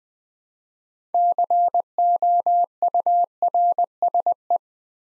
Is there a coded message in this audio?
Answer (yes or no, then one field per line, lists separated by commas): yes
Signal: Morse code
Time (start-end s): 1.1-4.6 s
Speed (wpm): 20 wpm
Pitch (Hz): 700 Hz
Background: none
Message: COURSE